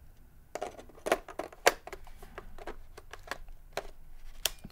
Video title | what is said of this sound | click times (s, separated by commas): Unboxing zestawu Sony a6500 i obiektywu 18-105 mm f4 | zaskoczyło, także masz | 4.5 s